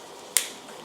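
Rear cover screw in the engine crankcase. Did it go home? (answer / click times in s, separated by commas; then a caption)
released / 0.4 s. A rear cover screw on the metal crankcase of an OS FS-20 A engine, factory-torqued and never opened before, is loosened and breaks free with a single sharp snap at 0.4 s. The snap fades over a short tail against a low, steady background hiss, showing the screw has released cleanly as it should.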